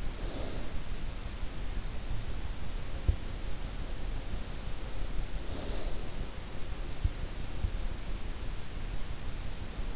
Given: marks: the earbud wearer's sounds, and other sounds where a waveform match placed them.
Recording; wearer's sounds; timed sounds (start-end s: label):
sounds in sleep by an in-ear microphone; snoring breath
0.00-1.00 s: snoring breath